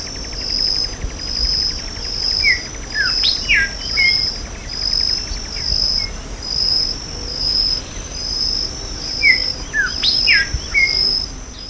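Bird calls, short downslurred chirps around mid pitch, given in small clusters, over a steady high insect buzz and cricket trilling.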